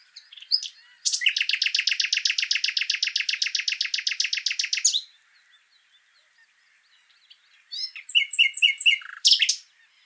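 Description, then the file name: Common nightingale song: a long rapid rattling trill of repeated notes for about four seconds, a pause, then varied whistles and sharp chirps. "Luscinia megarhynchos"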